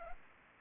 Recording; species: mosquito wingbeat signal from an infrared sensor; Anopheles arabiensis